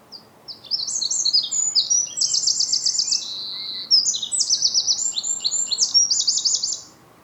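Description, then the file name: Eurasian wren singing a long, high, fast outpouring of rattling trills and sharp tinkling notes, with several buzzy rapid trills, lasting about six seconds before stopping. "Troglodytes troglodytes"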